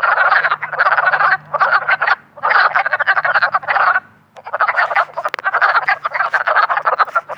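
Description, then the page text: Wood frogs calling together, a thick mass of short raspy clucks in dense bursts, with a faint low steady hum underneath and a brief lull midway. Maryland. "Wood Frog by Kendrick Trepanier"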